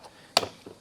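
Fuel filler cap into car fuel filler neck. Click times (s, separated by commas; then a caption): 0.4 s. A Lexus fuel filler cap is screwed back into the car's fuel filler neck, and its ratchet gives one sharp click at 0.4 s, followed by a faint softer tick near 0.7 s. The click confirms the cap is tightened and done.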